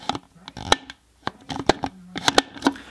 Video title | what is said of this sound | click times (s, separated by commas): Developing film at HOME (and why you should) | hole into the bottom so it you'll hear the click in a second watch this so you hear that | 0.7 s, 2.4 s